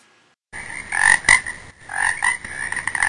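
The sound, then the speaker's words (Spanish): After a brief silence, a toad croaks in steady, buzzing pulses, a raspy mid-pitched call that swells and fades in rhythmic bursts with no voices present. “Ojo con los sapos, están en todo el lado.”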